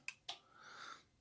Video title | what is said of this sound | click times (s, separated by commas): Leatherman Surge vs Clones! In depth comparison and testing | Again, that locks in place. | 0.1 s, 0.3 s